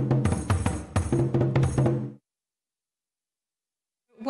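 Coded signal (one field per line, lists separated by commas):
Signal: talking drum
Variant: Akan atumpan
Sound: quick run of resonant low drum strokes, some higher slaps, then silence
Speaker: he was playing right now was what we call the atom pun the talking drum um this was filmed in my hometown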